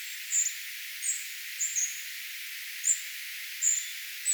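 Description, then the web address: Spotted flycatcher singing six short, sharp, very high squeaks at uneven intervals, one doubled, against a soft background hiss. Singing; recorded 4 June 2025. "paivat 4 6 2025 harmaasieppo laulaa"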